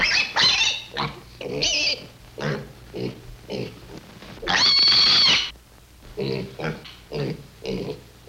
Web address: pigs